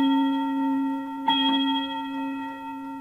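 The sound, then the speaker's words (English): A clock strikes one o'clock, and a deep, bell-like chime rings on with steady overtones. One sharp strike cuts in partway through, then the tone slowly fades with no voices. “It's 1 o'clock. Listen.”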